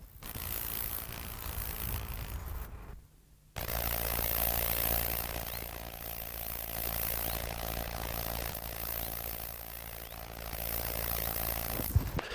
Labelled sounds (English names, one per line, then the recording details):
Roesel's Bush-cricket stridulation
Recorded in the wild
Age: imago
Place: Rappelsdorf (b. Schleusingen), Thüringen, DE
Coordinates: 50.5, 10.7167
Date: 1987-08-23
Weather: overcast, light rain shower, 18°C
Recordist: Tembrock, Günter